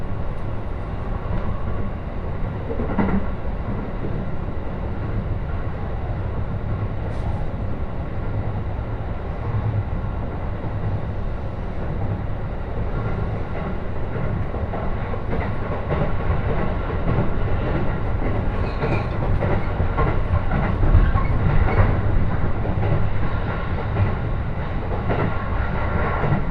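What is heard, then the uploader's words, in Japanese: Inside a moving train, a steady deep rumble fills the car, with faint rattles and clicks throughout and a slight swell near the end. 耳で楽しむ鉄道旅 常磐線 勝田→石岡。というわけで土浦行きは5両のためかなり混んでいます。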